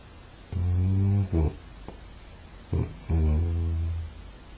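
Cow lowing: two deep, drawn-out moos, the first followed and the second preceded by a short grunt.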